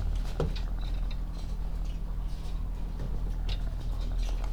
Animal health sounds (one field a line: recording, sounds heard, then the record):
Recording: poultry house recording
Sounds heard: sick chickens (respiratory disease)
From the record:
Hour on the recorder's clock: 16